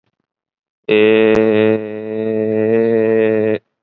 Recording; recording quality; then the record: sustained vowel as in made; excellent, no background noise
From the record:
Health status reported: COVID-19 positive, mild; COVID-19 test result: positive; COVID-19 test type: RT-PCR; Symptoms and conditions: cough, fever, fatigue, muscle pain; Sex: male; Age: 20 years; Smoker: no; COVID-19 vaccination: one dose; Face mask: worn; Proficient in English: yes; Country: India